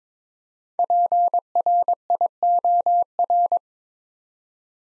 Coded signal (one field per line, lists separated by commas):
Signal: Morse code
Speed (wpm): 22 wpm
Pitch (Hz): 700 Hz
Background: none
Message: PRIOR